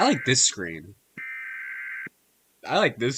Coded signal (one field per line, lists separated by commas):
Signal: Emergency Alert System (SAME) tones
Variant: header bursts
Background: speech